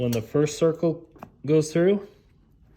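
A plastic weatherstrip push clip is being handled at a hole in the door panel of a 1989–1991 USDM Honda CRX during a door weatherstripping install. Someone talks through the short clip, with a small tick near 1.2 s. Nothing has seated or clicked yet.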